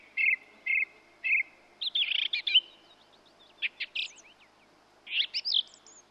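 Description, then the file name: Song thrush song: a short bright note repeated three times, then varied whistled and chattering phrases in quick bursts. "turdus philomelos"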